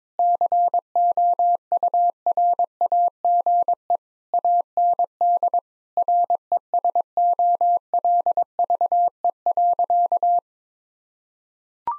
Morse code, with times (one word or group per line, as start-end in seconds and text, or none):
0.2-4.0 COURAGE
4.3-5.6 AND
6.0-10.4 RESOLVE.